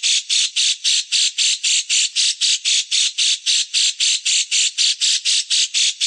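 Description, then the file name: Grey-cheeked bulbul repeating coarse, buzzy call notes at a regular, quick pace of about four a second, uniform in tone. Masteran, a training song for songbirds. "masteran. cucak jenggot omkicau"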